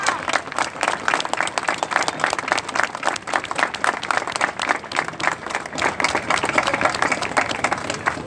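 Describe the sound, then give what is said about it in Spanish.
A crowd breaks into sustained applause, dense overlapping claps filling the whole stretch at a steady, fairly loud level without letting up, and no voices standing out above it. “Y yo creo que lo mejor que le podemos hacer es mandarle un fuerte aplauso.”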